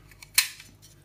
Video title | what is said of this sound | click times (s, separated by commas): Is 127 film any good in 2021? | then when you turn that you hear it click into place and then | 0.4 s